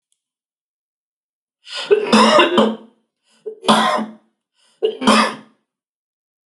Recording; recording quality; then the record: heavy voluntary cough; excellent, no background noise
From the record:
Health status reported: healthy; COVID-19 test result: negative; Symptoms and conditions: none ticked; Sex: male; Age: 47 years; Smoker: not ticked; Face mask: not worn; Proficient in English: yes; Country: India